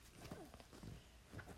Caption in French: Vous entendez mon chien qui ronfle à côté.